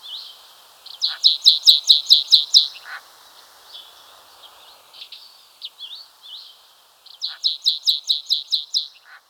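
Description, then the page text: White-capped bunting singing a fast series of about eight bright, sharp, evenly spaced notes, followed by softer twittering, then a similar rapid series of notes. "White-Capped Bunting Song. Quick Sounds"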